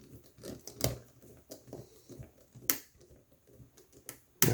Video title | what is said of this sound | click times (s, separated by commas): Thinkpad Yoga X1 Gen1 Keyboard Replacement | little click. Seats everything. | 4.4 s